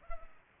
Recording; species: mosquito wingbeat signal from an infrared sensor; Culex pipiens